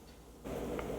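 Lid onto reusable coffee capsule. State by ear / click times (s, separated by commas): not seated / none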